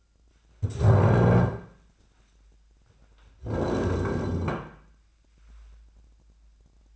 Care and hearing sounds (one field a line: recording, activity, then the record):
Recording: daily activity, microphone in the room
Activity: stand up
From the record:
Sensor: 2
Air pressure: 1009.1 hPa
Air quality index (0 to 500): 174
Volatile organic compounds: 2 ppm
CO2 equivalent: 1274 ppm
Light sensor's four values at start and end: 34/90/38/41 and 38/100/43/46